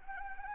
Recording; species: mosquito wingbeat signal from an infrared sensor; Anopheles arabiensis